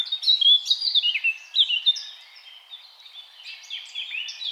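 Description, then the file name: Eurasian blackcap song, a fast, varied run of scratchy and clear warbled notes, loudest in the first two seconds, then quieter phrases continuing. "Sylvia atricapilla"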